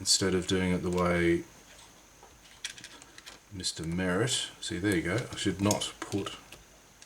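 A plastic T-80 track link piece for a 1/16 scale I Love Kit M4A3E8 Easy Eight Sherman model tank is handled at the track assembly in a jig while someone talks, with a few light, sharp plastic ticks around 2.6 to 3.2 seconds and again near the end. Nothing has seated or clicked into place yet.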